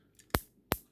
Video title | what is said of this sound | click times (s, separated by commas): How to Transform 2004 Transformers Energon Mirage | clicks down fold back | 0.4 s, 0.7 s